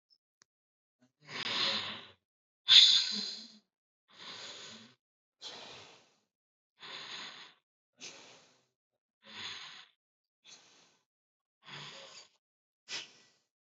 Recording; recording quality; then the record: deep breathing; excellent, no background noise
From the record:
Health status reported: healthy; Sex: male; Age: 26 years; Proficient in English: yes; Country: India